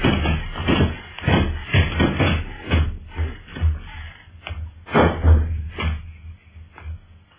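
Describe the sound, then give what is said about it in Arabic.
Heavy repeated blows batter a wooden door to a palace suite, being broken down on a king's order in a radio drama, dull booming thuds with splintering cracks and scraping between them, coming in an irregular rhythm for several seconds. “أعطي أمرك يا مولاي بالكسر. حطموا الأبواب.”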